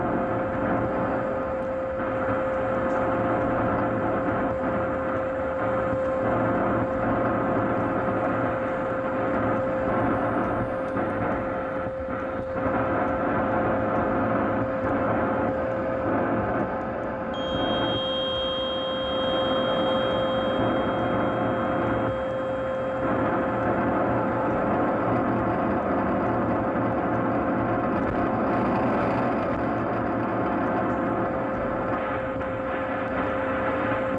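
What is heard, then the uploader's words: Radio interference on an AM band: a dense, steady hiss and buzz with a constant mid tone, and a thin high whine midway. RF Radio Frequency Interference 1620AM.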